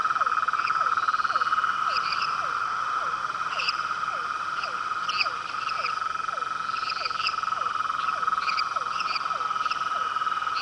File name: Rhinella ornata